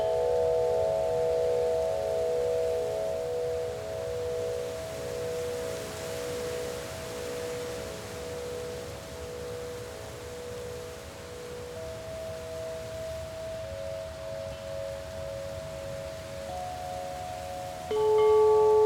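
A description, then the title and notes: Wind chimes ring in long, overlapping tones that hang and slowly fade, with a new set of clear notes struck near the end. Underneath, a soft, steady breeze hisses gently, and the overall level dips slightly mid-clip before rising with the final strikes. Spacious sounds of wind chimes and soft breeze.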